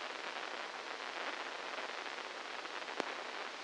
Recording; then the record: brain microelectrode recording played as sound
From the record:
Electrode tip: inside the subthalamic nucleus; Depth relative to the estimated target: -4 mm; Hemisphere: left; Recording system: NeuroSet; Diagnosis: Parkinson's disease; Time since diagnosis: 15 years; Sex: female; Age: 59 years